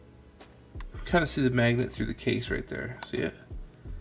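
A magnetic arm for a toy figure is handled near the figure's body, where the magnet sits through the case, while someone talks over faint handling noise and a few brief ticks. The arm has not snapped onto the figure and nothing has seated yet.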